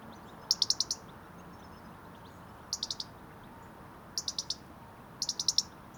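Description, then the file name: European robin calling in short clusters of three or four sharp, high ticks, four clusters in all, against a faint constant hiss. "Erithacus rubecula"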